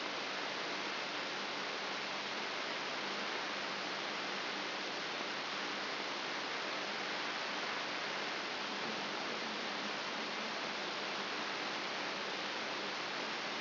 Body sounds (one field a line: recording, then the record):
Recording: brain microelectrode recording played as sound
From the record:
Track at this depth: inside the subthalamic nucleus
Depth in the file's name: 2.105 mm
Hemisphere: left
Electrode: 3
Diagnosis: Parkinson's disease